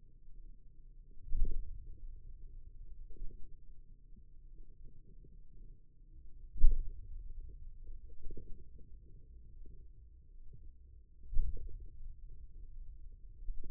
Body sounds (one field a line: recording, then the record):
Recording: forearm muscle sounds (acoustic myography)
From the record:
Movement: hand opening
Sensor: system 2, bracelet of six BSWA MPA416 microphones around the upper forearm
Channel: 3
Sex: male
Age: 22 years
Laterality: right